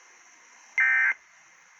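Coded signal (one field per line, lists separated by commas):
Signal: Emergency Alert System (SAME) tones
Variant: end-of-message bursts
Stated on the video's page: Required Monthly Test for Hawaii.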